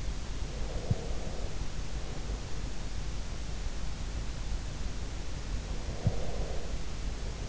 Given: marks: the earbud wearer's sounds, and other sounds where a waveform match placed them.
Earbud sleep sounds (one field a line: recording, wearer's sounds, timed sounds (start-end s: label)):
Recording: sounds in sleep by an in-ear microphone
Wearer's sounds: breath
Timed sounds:
0.38-2.30 s: breath
5.71-7.49 s: breath